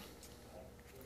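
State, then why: Not seated. A bolt guide is handled at the back of a paintball marker body with a ball-bearing button release, heard as faint low handling noise under a steady background. Nothing has seated or clicked yet, and the bolt guide is not locked into place.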